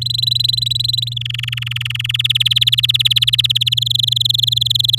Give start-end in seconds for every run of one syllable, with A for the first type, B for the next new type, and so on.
0.01-1.14 A, 1.16-2.17 B, 2.19-3.74 C, 3.77-4.99 D